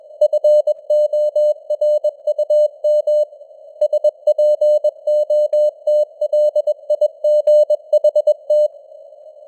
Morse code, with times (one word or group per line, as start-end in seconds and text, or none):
0.2-3.2 FORUM
3.8-8.7 SPOTLIGHT